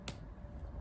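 A replacement inner cannula of the same size is pushed into a tracheostomy tube and snaps home with a single sharp click at 0.1 s, followed by a quiet low hum. The cannula is fully seated.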